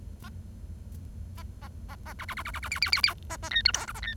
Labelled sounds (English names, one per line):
Bengalese Finch song